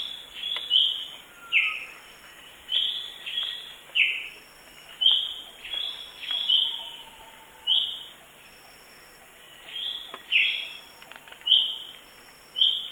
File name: suara kicauan cucak hijau mini di alam liar. omkicau